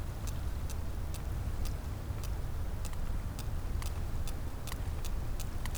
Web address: Physeter Macrocephalus cachalot